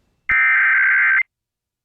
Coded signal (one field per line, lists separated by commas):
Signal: Emergency Alert System (SAME) tones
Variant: header bursts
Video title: [EAS #2419-#2424] Thursday RWTs & RMTs